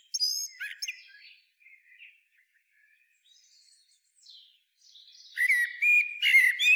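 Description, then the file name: Common blackbird song: a short high twitter at the start, faint soft notes, then a mellow fluted warble ending in squeaky high flourishes. "Turdus merula"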